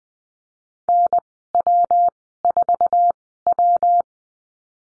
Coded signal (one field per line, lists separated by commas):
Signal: Morse code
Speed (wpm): 20 wpm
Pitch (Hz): 700 Hz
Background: none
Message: NW4W